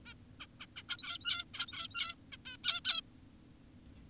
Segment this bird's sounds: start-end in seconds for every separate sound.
0.06-0.14, 0.40-0.46, 0.60-0.66, 0.76-0.83, 0.89-1.44, 1.54-2.15, 2.32-2.37, 2.46-2.57, 2.64-2.80, 2.85-3.01